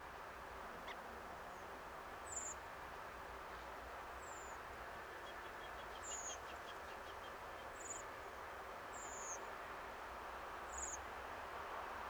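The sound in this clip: Redwing calls: six thin, high, slightly downslurred tseep notes, spaced about one and a half to two seconds apart, over a steady low rumble of background noise.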